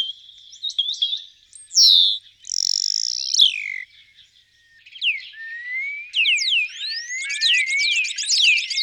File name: Spacek cerny Sturnus unicolor